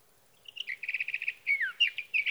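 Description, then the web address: Sage thrasher singing a fast warbled phrase, a rapid run of repeated chirpy notes leading into varied whistled slurs and twitters, no other sounds. "birdsongforthecurious Sage Thrasher"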